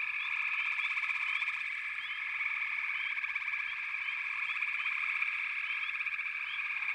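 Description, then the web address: Frog chorus of many overlapping pulsed trills forming a steady drone, with brief rising chirps sprinkled across it. "Nature Songs Nature Sounds The Natural Sounds of the Wilderness 10 CDs collection Echoes of Nature - Frog Chorus"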